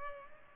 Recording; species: mosquito wingbeat signal from an infrared sensor; Culex pipiens